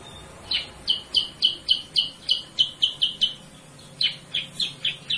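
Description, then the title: Sooty-headed bulbul song: steady runs of bright, high chirps, about four each second, with a brief pause before a final series. Masteran, a training recording for cage birds; used as a lure sound (suara pancingan). "Masteran Kutilang Sutra. suara pancingan kutilang sutra"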